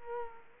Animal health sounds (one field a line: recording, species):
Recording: mosquito wingbeat signal from an infrared sensor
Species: Culex quinquefasciatus